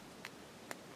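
Plastic whip segments of the electromagnetic whip for a Bandai Soul of Chogokin Voltes V DX die-cast robot figure are pushed into one another. Two short, sharp clicks sound at 0.3 s and 0.7 s over a steady low hiss. The segments snap together and seat in place.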